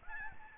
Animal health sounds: mosquito wingbeat signal from an infrared sensor; Aedes albopictus

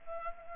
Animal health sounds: mosquito wingbeat signal from an infrared sensor; Culex pipiens

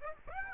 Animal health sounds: mosquito wingbeat signal from an infrared sensor; Aedes aegypti

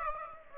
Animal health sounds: mosquito wingbeat signal from an infrared sensor; Aedes aegypti

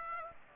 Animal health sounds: mosquito wingbeat signal from an infrared sensor; Aedes aegypti

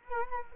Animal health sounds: mosquito wingbeat signal from an infrared sensor; Culex quinquefasciatus

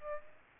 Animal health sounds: mosquito wingbeat signal from an infrared sensor; Aedes aegypti

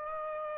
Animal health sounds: mosquito wingbeat signal from an infrared sensor; Aedes aegypti

